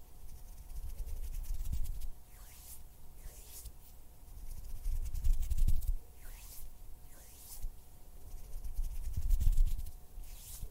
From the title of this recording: Hand sounds, finger fluttering, mouth sounds